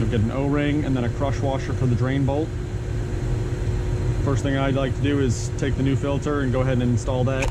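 A new paper oil filter element for a 2020 BMW 430i (F32) is handled next to its plastic top-side filter housing cap during an oil change while someone talks over a steady low hum. Nothing has seated or clicked yet; the element has not been pushed home into the cap.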